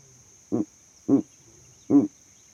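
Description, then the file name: Owl hooting three short, rich notes, the last after a slightly longer pause, against a quiet background. Owl calls at night. "Elijah Wagner - Calming Owl Calls at Night"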